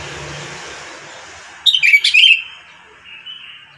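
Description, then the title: Sooty-headed bulbul gives a single lively bubbling phrase of rapid chirped notes, followed by a faint trailing whistle; background otherwise quiet after a soft hum. "Kutilang"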